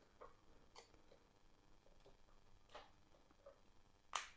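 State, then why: Seated. The battery cover of a 2021 Mazda CX-5 key fob is slid back into its slot on the fob and pushed down until it snaps shut. Faint handling noises and soft taps come first, then a sharp snap at 4.2 s as the cover seats into the key fob housing.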